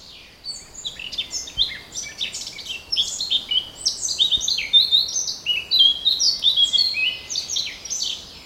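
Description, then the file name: Eurasian blackcap warbling: rapid varied twittering notes, swelling and dipping in bursts throughout, with a quiet background. "Sylvia atricapilla"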